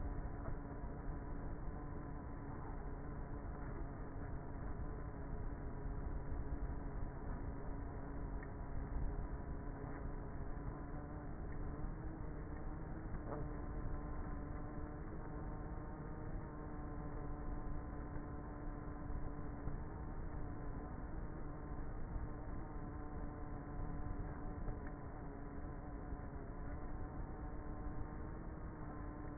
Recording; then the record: honeybee colony, microphone inside the hive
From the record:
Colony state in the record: queenless with a low population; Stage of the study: before two queens were removed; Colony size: about 30,000 bees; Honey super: no